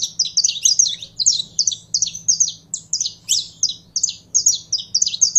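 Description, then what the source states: Canary giving many quick bursts of high twittering chirps, continuing through the whole stretch with a faint low background hum. Belgian canary, described as pure Belgian stock, singing.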